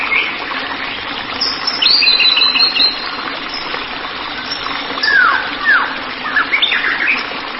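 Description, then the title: White-rumped shama giving a high warbled phrase, then several clear downslurred whistles and short chirps, over steady background hiss. "Kicau Murai Batu"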